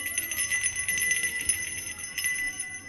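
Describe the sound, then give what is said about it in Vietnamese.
A small brass hand bell, gently shaken by an old man, jingles softly and continuously, its bright high ringing tones shimmering in quick, irregular shakes with no voices present. “Thế nhưng ở đằng sau, ông cụ rút ra cái chuông đồng rung khẽ kêu len ca len keng.”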